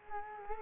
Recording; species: mosquito wingbeat signal from an infrared sensor; Culex quinquefasciatus